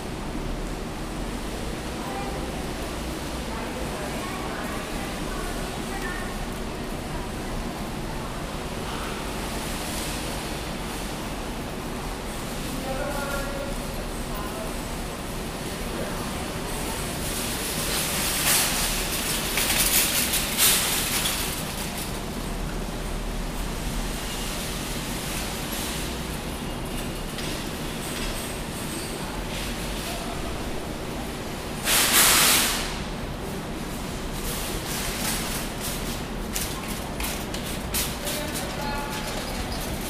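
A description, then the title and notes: Steady street hum outside a grocery entrance, with voices, a rattling cart passing around 18–21 seconds, and a sharp clatter near 32 seconds. Standing by the flowers outside the entrance to Trader Joe’s in Midtown. Grocery carts. A girl asking her dad for flowers.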